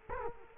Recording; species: mosquito wingbeat signal from an infrared sensor; Culex quinquefasciatus